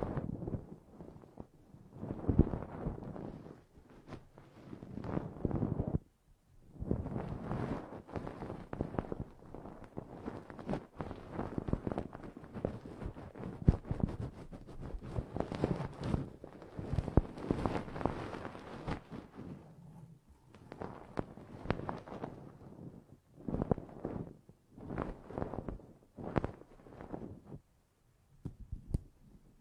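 Ear-cleaning ASMR triggers: dense, rustling scratches and rubbing that come in bursts, running almost continuously from about 7 to 20 seconds. Short silent breaks fall near 6 and 20 seconds, and the later stretches are choppier, with scattered soft taps and brushing.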